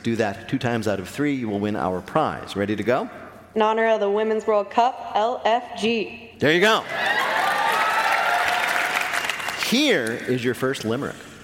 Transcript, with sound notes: Do that two times out of three, you will win our prize. Ready to go?
In honor of the Women's World Cup, L-F-G.
There you go.
(APPLAUSE)
Here is your first limerick.